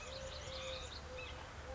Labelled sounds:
Eurasian Collared Dove
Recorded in Sonoma County, California

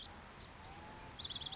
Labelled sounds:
Lazuli Bunting
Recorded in Sonoma County, California

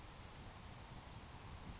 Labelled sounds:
Grasshopper Sparrow
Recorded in Sonoma County, California

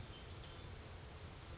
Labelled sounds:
Orange-crowned Warbler
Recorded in Sonoma County, California

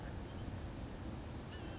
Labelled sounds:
Blue-gray Gnatcatcher
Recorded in Sonoma County, California

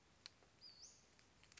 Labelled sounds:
Western Flycatcher
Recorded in Sonoma County, California

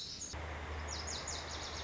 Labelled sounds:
Lazuli Bunting
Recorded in Sonoma County, California

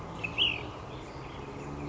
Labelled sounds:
Ash-throated Flycatcher
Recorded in Sonoma County, California

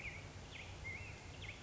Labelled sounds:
Black-headed Grosbeak
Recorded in Sonoma County, California

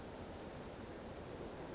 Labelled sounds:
Western Flycatcher
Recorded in Sonoma County, California

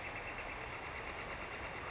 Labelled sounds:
Northern Flicker
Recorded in Sonoma County, California

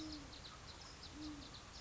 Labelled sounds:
Great Horned Owl
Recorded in Sonoma County, California

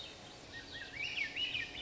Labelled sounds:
Swainson's Thrush
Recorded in Sonoma County, California

